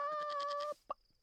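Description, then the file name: Chicken call: one steady, flat, harmonic note held for under a second, followed by a single short sharp click. "Huhn"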